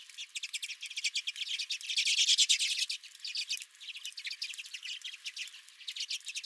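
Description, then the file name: Flock of redpolls chattering, quick dry notes peaking around two seconds, then a short lull before the calls resume. Redpolls at the recordist's own feeder. "Redpolls at My Feeder"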